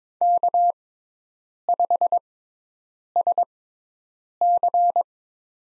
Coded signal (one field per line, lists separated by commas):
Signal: Morse code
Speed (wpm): 22 wpm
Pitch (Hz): 700 Hz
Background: none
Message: K5SC